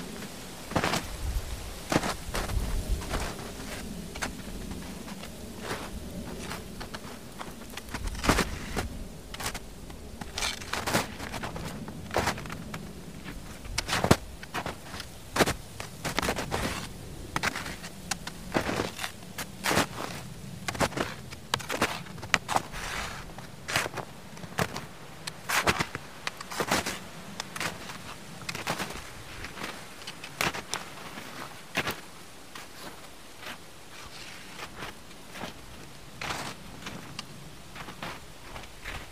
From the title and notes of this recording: Steps in Ice & Snow (Sleep & Study Soundscapes). Steps and walking in ice and snow.